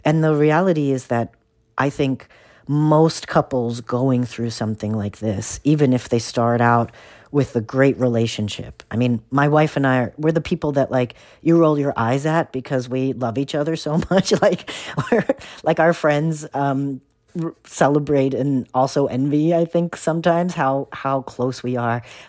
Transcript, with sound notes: And the reality is that I think most couples going through something like this, even if they start out with a great relationship - I mean, my wife and I, we're the people that, like, you roll your eyes at because we love each other so much. (laughter) Like, our friends celebrate and also envy, I think, sometimes how close we are.